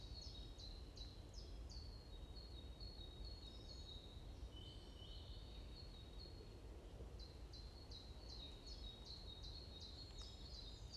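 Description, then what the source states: Bird chirping: a series of short high notes, then a thin trill of even notes and more overlapping chirps, ending with another rapid repeated run; low rumble underneath. Morning birds chirping in a forest at Bosvoorde, Watermaal-Bosvoorde, Brussels, Belgium; described as peaceful ('rust'); recorded with an AMBE VR microphone.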